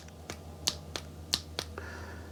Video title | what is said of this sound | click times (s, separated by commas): LABEAR Ultra Low Profile Hex Keys and Bicycle Torque wrench and mini keychain ratchet3 | torque wrench so that you can hear it click | 0.7 s, 1.3 s